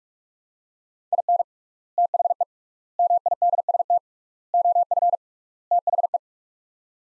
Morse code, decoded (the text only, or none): IN THE MIDST OF THE